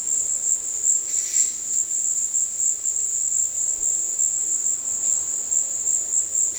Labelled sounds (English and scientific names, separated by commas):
none